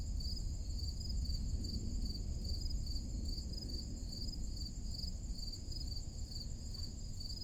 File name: Crickets in Forrest Clearing on Summer Morning